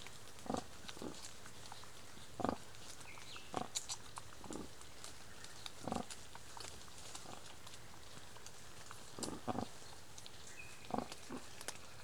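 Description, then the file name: Wild boar giving short rough grunts and snuffles at irregular intervals against a quiet hissing background. Gâtinais français regional park, France; 18 May 2024 at 23:00. "pnr-gatinais-francais - 20240518-230000-sanglier"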